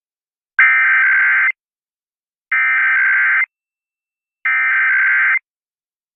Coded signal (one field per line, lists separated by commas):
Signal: Emergency Alert System (SAME) tones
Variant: header bursts